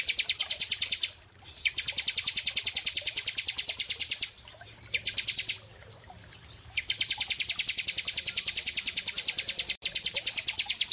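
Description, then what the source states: Prinia trill: long stretches of very fast, high buzzy pulses broken by brief gaps, over a low rumbling background. Prinia song used as a masteran (tutor) therapy recording.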